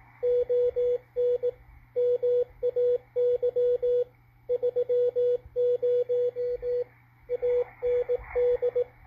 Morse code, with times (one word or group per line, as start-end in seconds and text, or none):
0.2-1.5 ON
2.0-4.0 MAY
4.5-6.8 30
7.3-8.8 AND